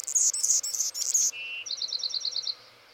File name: Anna's Hummingbird